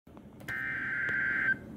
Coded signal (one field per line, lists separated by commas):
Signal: Emergency Alert System (SAME) tones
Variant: header bursts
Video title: EAS Special Marine Warning (5/4/21)